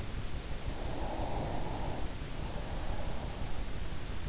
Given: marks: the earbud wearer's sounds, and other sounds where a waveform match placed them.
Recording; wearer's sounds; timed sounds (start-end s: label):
sounds in sleep by an in-ear microphone; breath
0.62-3.81 s: breath